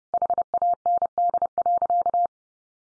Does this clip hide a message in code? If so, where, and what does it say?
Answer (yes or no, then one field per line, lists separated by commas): yes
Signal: Morse code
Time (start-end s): 0.1-2.3 s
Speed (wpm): 28 wpm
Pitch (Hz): 700 Hz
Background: none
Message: HAND.